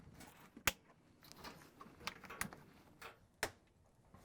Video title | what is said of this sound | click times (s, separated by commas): How To: Whirlpool/KitchenAid/Maytag Tub Centering Springs W10400895 | just going to carefully push down right above each locking tab and make sure it snaps back into place once | 0.7 s, 2.1 s, 2.4 s, 3.4 s